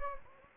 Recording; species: mosquito wingbeat signal from an infrared sensor; Anopheles gambiae